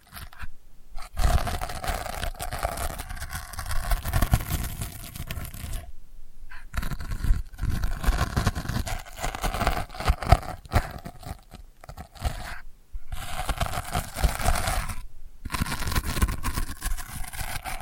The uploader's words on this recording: ASMR Delicate Scratching for Sleep (No Talking).